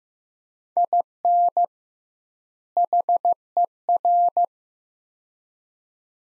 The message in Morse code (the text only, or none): IN HER